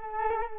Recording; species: mosquito wingbeat signal from an infrared sensor; Culex quinquefasciatus